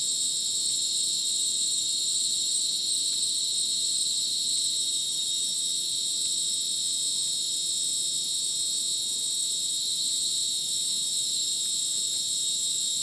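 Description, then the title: Crickets in a thick, continuous high-pitched chorus of overlapping trills, unchanging in loudness. Rainforest at Madidi National Park, Ucumari, Bolivia, after sunset; very dense insect chorus likened to a polyrhythmic electronic concert; AT BP4029 microphone, MixPre 6 recorder. "Madidi National Park, Ucumari, Bolivia - Supersonic Crickets in the rainforest"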